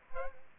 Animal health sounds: mosquito wingbeat signal from an infrared sensor; Aedes albopictus

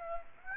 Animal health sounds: mosquito wingbeat signal from an infrared sensor; Aedes aegypti

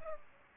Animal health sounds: mosquito wingbeat signal from an infrared sensor; Culex pipiens

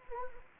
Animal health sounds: mosquito wingbeat signal from an infrared sensor; Anopheles gambiae

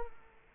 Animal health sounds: mosquito wingbeat signal from an infrared sensor; Culex quinquefasciatus

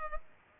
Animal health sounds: mosquito wingbeat signal from an infrared sensor; Culex pipiens

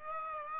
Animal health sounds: mosquito wingbeat signal from an infrared sensor; Aedes aegypti

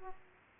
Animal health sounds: mosquito wingbeat signal from an infrared sensor; Aedes aegypti

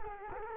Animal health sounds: mosquito wingbeat signal from an infrared sensor; Culex quinquefasciatus

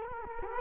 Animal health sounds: mosquito wingbeat signal from an infrared sensor; Culex quinquefasciatus

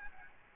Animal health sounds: mosquito wingbeat signal from an infrared sensor; Aedes aegypti

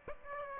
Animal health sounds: mosquito wingbeat signal from an infrared sensor; Aedes aegypti

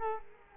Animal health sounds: mosquito wingbeat signal from an infrared sensor; Culex quinquefasciatus

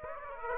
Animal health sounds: mosquito wingbeat signal from an infrared sensor; Aedes aegypti

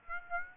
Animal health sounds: mosquito wingbeat signal from an infrared sensor; Aedes aegypti

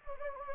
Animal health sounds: mosquito wingbeat signal from an infrared sensor; Anopheles gambiae

